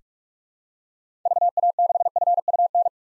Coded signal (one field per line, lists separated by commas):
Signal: Morse code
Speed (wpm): 48 wpm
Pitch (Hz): 700 Hz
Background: none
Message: VA6FUN